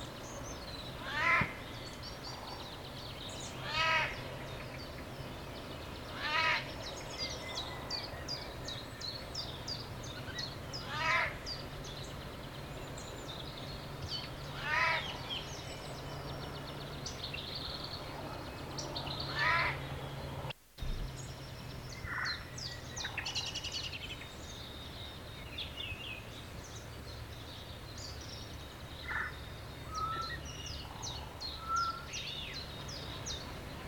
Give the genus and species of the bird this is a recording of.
Garrulus glandarius